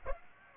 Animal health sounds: mosquito wingbeat signal from an infrared sensor; Aedes aegypti

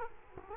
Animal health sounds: mosquito wingbeat signal from an infrared sensor; Culex quinquefasciatus

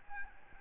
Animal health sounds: mosquito wingbeat signal from an infrared sensor; Aedes albopictus

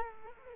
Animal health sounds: mosquito wingbeat signal from an infrared sensor; Culex quinquefasciatus

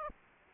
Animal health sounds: mosquito wingbeat signal from an infrared sensor; Aedes aegypti

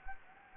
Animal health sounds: mosquito wingbeat signal from an infrared sensor; Anopheles gambiae

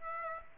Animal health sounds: mosquito wingbeat signal from an infrared sensor; Aedes aegypti

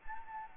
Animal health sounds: mosquito wingbeat signal from an infrared sensor; Anopheles gambiae

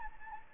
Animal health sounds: mosquito wingbeat signal from an infrared sensor; Anopheles gambiae

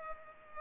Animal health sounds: mosquito wingbeat signal from an infrared sensor; Culex pipiens

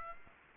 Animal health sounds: mosquito wingbeat signal from an infrared sensor; Aedes aegypti

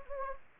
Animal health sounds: mosquito wingbeat signal from an infrared sensor; Anopheles gambiae

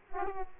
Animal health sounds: mosquito wingbeat signal from an infrared sensor; Aedes aegypti

